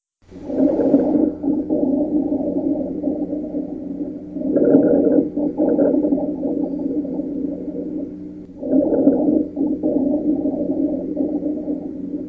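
Low-pitched, continuous moaning, snore-like sounds heard over an adult's lungs through a stethoscope, filling about three breath cycles at roughly 15 breaths a minute. These are rhonchi, coarse sounds caused by secretions or narrowing in the larger airways.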